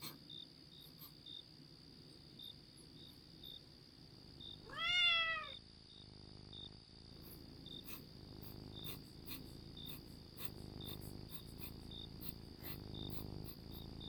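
Domestic cat meowing once, a clear drawn-out call that rises then falls, over a steady high whine and faint repeated chirping.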